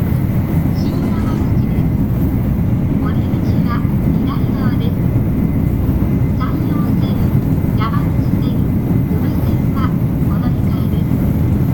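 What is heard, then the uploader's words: A Shinkansen 500 series train runs with a steady, dense low roar that holds an even level throughout. A faint hiss rides on top, and soft, brief voice-like sounds surface now and then, around the one-, four-, seven- and nine-second marks. 新幹線500系 山陽新幹線 こだま号 厚狭到着前から新山口まで. 新幹線500系電車の走行音です。 JR西日本 山陽新幹線で録音しました。 It is the running sound of the 500 series trains of the Shinkansen.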